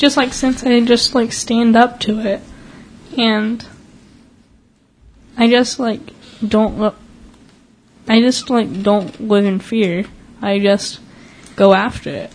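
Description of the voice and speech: A teenage speaker in a group discussion talks in short bursts broken by long silent gaps of over a second, with stretched sounds and restarted phrases ("I just like... I just like"). These pauses, prolongations and repetitions fit stuttering with blocks, in a speaker who stutters.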